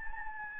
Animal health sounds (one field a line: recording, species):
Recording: mosquito wingbeat signal from an infrared sensor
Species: Anopheles gambiae